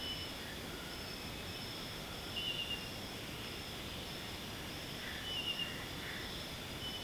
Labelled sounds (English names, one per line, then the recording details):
none
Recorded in secondary vegetation near Puerto Asís, Putumayo, Colombia, on 18 February 2024 at 01:30
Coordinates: 0.472, -76.331
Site G6371